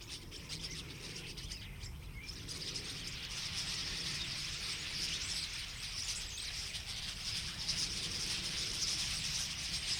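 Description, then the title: Common starling flock chatter, a thick, unbroken mass of high twittering and squeaks, swelling slightly after a few seconds, over a low background rumble. Flock singing in a tree at Boldixumstieg, Nieblum, Germany; cars in background; Zoom H3-VR ambisonic recorder, binaural stereo rendering, edited in Audacity. "Boldixumstieg, 25938 Nieblum, Deutschland - Ein Vogelschwarm Stare. A flock of birds starlings"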